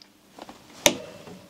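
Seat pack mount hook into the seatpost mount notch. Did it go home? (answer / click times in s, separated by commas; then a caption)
yes / 0.9 s. The small hook on an Ortlieb Seat-Pack QR bike bag mount, set at a 90-degree angle, is pushed into the notch of the seatpost mount. A couple of faint ticks come first, then a sharp, bright click at 0.9 s. The hook engages the notch and the mount is seated.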